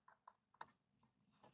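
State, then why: Not seated. A plastic wiring harness connector is handled at the DCU unit socket of an Infiniti Q50 as it is reseated after a failed first try. A series of short, sharp taps and knocks is heard, the loudest near 0.6 s, with quieter rattling toward the end. Nothing has seated or clicked in yet.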